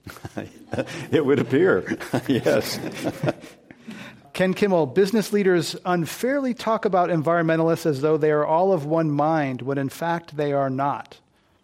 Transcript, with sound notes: It would appear, yes.
[Laughter]
Ken Kimmell, business leaders unfairly talk about environmentalists as though they are all of one mind when in fact they are not?